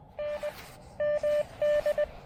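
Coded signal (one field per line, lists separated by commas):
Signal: Morse code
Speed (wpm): 20 wpm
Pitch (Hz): 600 Hz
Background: none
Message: N MD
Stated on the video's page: Parks on the Air activation at a North Carolina lighthouse.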